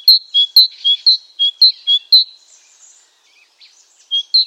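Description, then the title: Great tit singing bright two-note phrases in a quick run, falling silent for over a second, then resuming with one more phrase near the end. "G3latik b4t0. Great Tit (Parus major)"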